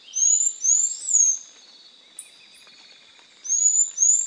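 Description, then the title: Bird singing a run of three high, sliding whistles, then a pause with faint short chirps before two more swept notes, over a constant thin background tone. "LuckyPassaro Completos2Sama"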